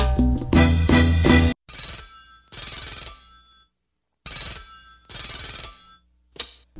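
A telephone rings in repeated bursts, a bright metallic trill with short pauses between rings, loud and alone with no voices, the last ring cut short.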